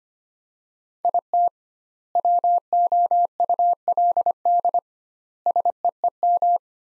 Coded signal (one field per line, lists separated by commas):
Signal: Morse code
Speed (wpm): 25 wpm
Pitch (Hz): 700 Hz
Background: none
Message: IT WOULD SEEM